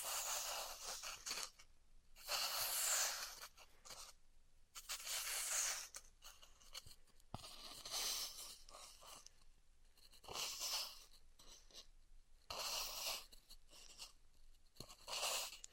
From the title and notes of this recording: ASMR Styrofoam Heat Cutting (No Talking).